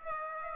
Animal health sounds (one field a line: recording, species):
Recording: mosquito wingbeat signal from an infrared sensor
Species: Aedes aegypti